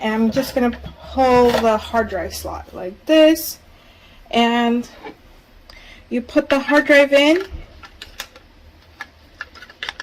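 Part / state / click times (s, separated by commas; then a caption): hard drive into the base station's drive slot / seated / 9.8 s. Someone talks while pulling out the hard drive slot of a EufyCam 3 camera base station, which was already unscrewed, and pushing a hard drive into it. Several sharp clicks and taps follow after the talking, and the drive clicks into the slot at 9.8 s, seated and ready to be screwed down.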